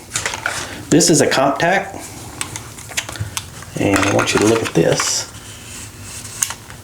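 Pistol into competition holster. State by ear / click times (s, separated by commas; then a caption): seated / 6.4 s. A compact pistol, a Dan Wesson DWX Compact, is pushed down into a rigid competition holster while someone talks over small handling clicks and taps. At 6.4 s the holster grips the pistol with a sharp snap, and it seats fully.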